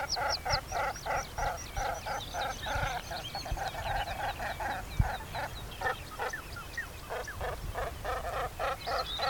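Birds calling in a busy flock, with many overlapping nasal, gabbling notes repeated rapidly throughout, and occasional low thumps beneath.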